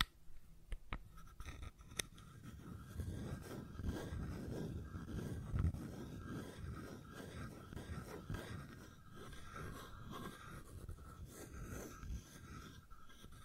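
Fidget cube tapping and clicking, with a few sharp, isolated clicks in the first six seconds. After that comes a dense, continuous low rubbing and scraping, with small taps scattered through it and a faint steady tone underneath.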